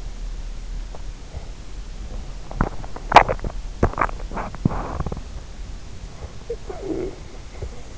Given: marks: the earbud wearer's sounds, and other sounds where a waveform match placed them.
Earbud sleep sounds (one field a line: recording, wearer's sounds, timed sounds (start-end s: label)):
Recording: sounds in sleep by an in-ear microphone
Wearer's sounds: swallowing, body movement, talking in sleep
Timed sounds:
2.45-4.21 s: swallowing
4.33-5.32 s: body movement
6.45-7.20 s: talking in sleep